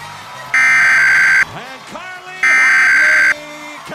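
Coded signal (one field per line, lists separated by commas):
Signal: Emergency Alert System (SAME) tones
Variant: header bursts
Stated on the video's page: Mock EAS alert for a tornado; simulated, not a real broadcast.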